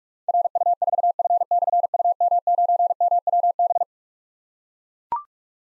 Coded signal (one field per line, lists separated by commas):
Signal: Morse code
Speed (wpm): 44 wpm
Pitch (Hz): 700 Hz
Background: none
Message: RU4F/UM9MWB